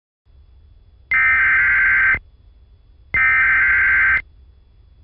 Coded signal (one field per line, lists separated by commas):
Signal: Emergency Alert System (SAME) tones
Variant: header bursts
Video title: EAS Special Marine Warning on Lake Huron (9/3/22)